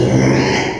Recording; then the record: squeal of a Yucatan mini pig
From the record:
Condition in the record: before surgery on the right vocal fold (resection and tissue-engineered implant); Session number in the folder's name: 2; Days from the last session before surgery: 0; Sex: male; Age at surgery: 12 weeks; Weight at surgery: 13 kg